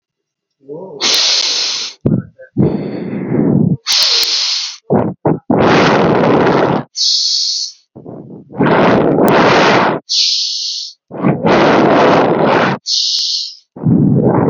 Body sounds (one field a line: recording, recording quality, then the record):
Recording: shallow breathing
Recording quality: excellent, no background noise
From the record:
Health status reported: healthy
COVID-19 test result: not tested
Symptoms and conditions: none ticked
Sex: male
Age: 20 years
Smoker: not ticked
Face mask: not worn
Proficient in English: yes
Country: India